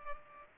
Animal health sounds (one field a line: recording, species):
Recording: mosquito wingbeat signal from an infrared sensor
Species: Culex pipiens